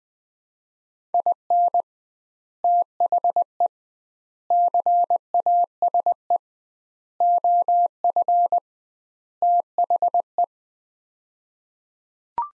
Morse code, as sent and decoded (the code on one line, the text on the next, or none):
.. -. / - .... . / -.-. .- ... . / --- ..-. / - .... .
IN THE CASE OF THE